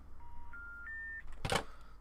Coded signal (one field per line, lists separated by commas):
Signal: telephone call progress tone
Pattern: special information tone